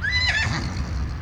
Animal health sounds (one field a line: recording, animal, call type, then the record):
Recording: contact call of a hoofed animal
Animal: Przewalski's horse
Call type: whinny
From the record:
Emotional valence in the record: positive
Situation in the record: food anticipation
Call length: 1.22 s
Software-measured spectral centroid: 2540 Hz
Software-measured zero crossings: 2300 a second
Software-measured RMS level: -24 dBFS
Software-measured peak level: -10 dBFS